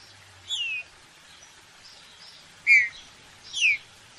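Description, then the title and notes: Green-winged saltator giving three loud, clear whistled notes that slide downward, spaced unevenly over four seconds against a faint steady hiss. Classic song (canto clássico), training recording. "Canto Clássico Trinca Ferro TREINAMENTO. trinca fero"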